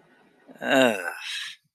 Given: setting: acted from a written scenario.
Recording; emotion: vocal sound without words; shame